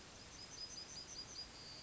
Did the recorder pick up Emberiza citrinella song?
yes